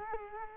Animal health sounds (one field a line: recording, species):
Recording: mosquito wingbeat signal from an infrared sensor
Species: Culex quinquefasciatus